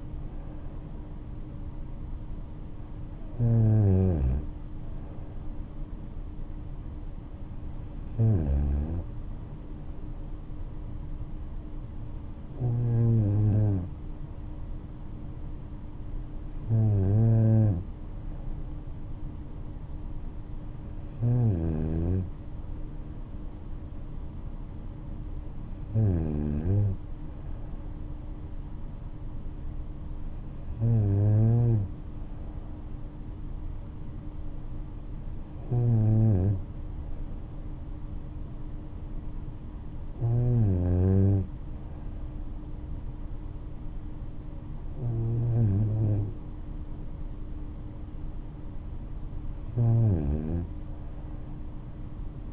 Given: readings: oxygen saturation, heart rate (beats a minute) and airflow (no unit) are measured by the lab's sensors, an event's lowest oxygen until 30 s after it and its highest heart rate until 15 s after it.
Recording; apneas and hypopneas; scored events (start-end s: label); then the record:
breathing in sleep by a smartphone at the bedside; 1
27.00-52.53 s: new sleep stage, N2 (light sleep)
29.00-45.70 s: hypopnea (N2, oxygen 94% highest, then 94% lowest, heart rate 69 at the start, 69 highest)
From the record:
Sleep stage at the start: N3 (deep sleep); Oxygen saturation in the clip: 94 to 95%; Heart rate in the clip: 63 to 72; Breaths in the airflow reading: 11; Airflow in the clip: -5.4 to 6.1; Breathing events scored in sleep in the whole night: 228 in 5.4 hours asleep